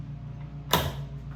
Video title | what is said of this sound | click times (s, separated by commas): Fleximounts GL1 lift: A game-changer for organization | that locks into place. | 0.7 s